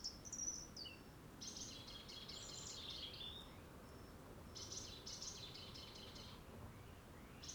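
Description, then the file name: European robin delivering soft, high twittering phrases with thin sliding whistles, two longer bursts separated by a pause of about a second, faint background hiss. "Erithacus rubecula"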